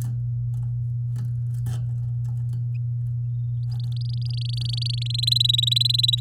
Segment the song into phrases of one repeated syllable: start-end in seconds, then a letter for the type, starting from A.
3.71-5.03 A, 5.06-6.20 B